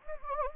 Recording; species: mosquito wingbeat signal from an infrared sensor; Anopheles gambiae